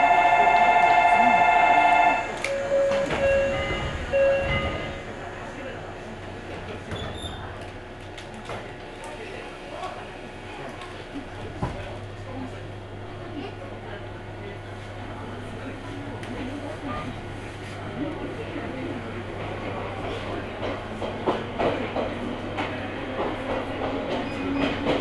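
A ride on the Ohmi Railway opens with a loud, bright two-second tone. The train then settles into a steady low rumble, with a constant hum underneath and scattered clicks and knocks from the wheels and car. Faint voices surface occasionally.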